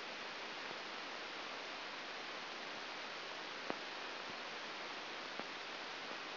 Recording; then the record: brain microelectrode recording played as sound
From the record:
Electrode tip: outside the subthalamic nucleus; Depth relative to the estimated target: -3 mm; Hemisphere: right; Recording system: AlphaMap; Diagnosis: Parkinson's disease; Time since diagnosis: 7 years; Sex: female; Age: 49 years